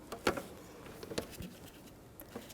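On the ignition coil pack of a 1997–2006 Jeep Wrangler 2.4L L4, the red plastic connector position-assurance lock tab on the harness connector is pushed in after the harness plug is on. A sharp click at 0.3 s marks the tab locking the connector home on the coil pack, followed by a few fainter ticks and light handling noise.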